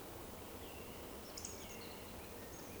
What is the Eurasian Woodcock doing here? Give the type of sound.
whistle